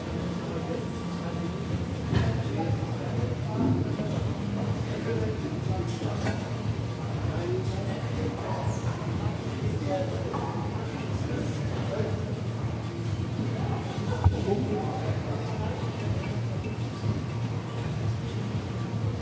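Gym ambience with a steady low machine hum and murmur of voices, scattered light clinks throughout, and a sharper knock near fourteen seconds.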